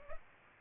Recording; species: mosquito wingbeat signal from an infrared sensor; Culex pipiens